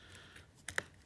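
A side saddle shell holder is pressed against the receiver of a Stoeger M3000 Defense shotgun so its reclosable plastic fastener strips engage. Two sharp clicks are heard at 0.7 s and 0.8 s as the fastener teeth lock together. The fastener strips are seated.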